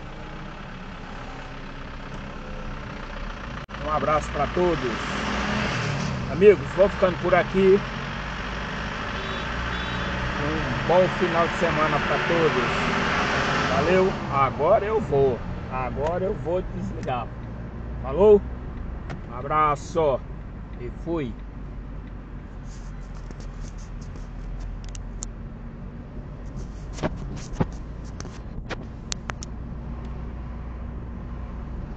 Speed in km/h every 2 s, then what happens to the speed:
0, 5, 17, 20, 28, 30, 31, 31, 36, 30, 27, 25, 29, 33, 35, 34.
0-16 pulls away to 36. 16-22 slows to 25. 22-28 speeds up to 35.